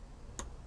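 A plastic cable plug is pushed into the socket of a Vi Premium chlorinator. A single sharp click at 0.4 s shows the plug seating fully, over a low steady background hum. The connector is confirmed clicked in.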